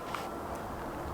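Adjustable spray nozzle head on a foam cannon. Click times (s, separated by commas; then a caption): 0.1 s. The adjustable spray nozzle head on an MTM Gen 2 PF22 foam cannon is turned to the side until it clicks into its detent at 0.2 s, a short sharp tick over steady background noise. The head seats in position, switching the spray from a horizontal to a vertical pattern.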